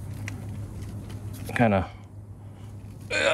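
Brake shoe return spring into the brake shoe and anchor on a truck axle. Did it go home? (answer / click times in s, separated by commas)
no / none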